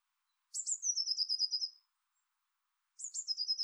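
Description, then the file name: Eurasian blue tit call: two high notes dropping into a rapid, even trill, given twice about two and a half seconds apart, against silence. "Cyanistes caeruleus"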